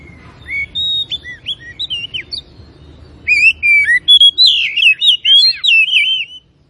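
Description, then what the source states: Oriental magpie-robin begins with quieter scattered whistles, then launches into a loud, tumbling sequence of rich warbled notes. Known locally as kacer; labelled Tretes; described as gacor, singing actively and continuously.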